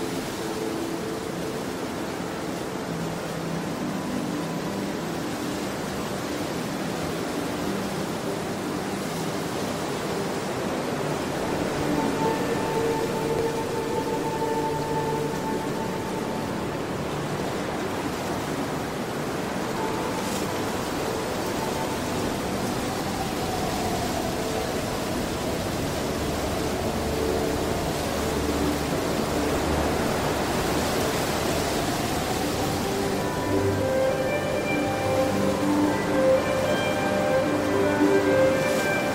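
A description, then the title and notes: A steady, dense rush of wind fills the whole recording, rising slightly in loudness after about twelve seconds. Long, slow violin notes drift through the mid range beneath it, with brighter, higher held tones joining near the end. ASMR relaxing wind sounds with relaxing violin music.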